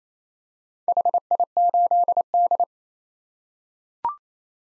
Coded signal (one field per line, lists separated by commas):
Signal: Morse code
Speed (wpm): 28 wpm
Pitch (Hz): 700 Hz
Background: none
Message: HI8D